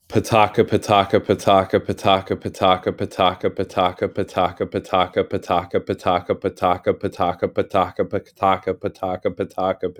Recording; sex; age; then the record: repeated syllables /pa ta ka/; male; 30 to 39 years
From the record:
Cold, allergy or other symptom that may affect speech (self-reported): no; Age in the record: 35 years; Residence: Pennsylvania, United States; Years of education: 16